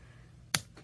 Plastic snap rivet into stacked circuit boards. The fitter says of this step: into place until it snaps and then you have a good connection that still allows the boards to pivot